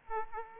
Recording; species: mosquito wingbeat signal from an infrared sensor; Aedes aegypti